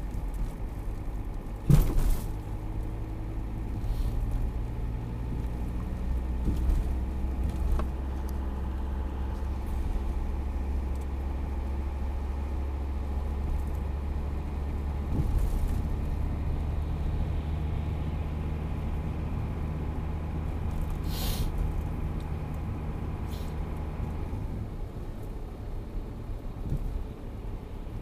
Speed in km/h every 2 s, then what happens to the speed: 36, 37, 39, 45, 47, 48, 49, 51, 53, 55, 56, 56, 54, 53.
0-17 speeds up to 55. 17-28 steady at about 55.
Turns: none.